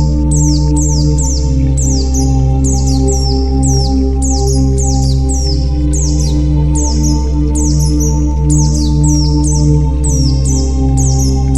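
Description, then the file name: White-eye song: quick, insistent series of high descending chirps, closely spaced and continuous, with a low humming drone throughout. White-eye 'terapi' (therapy) song. "terapi pleci"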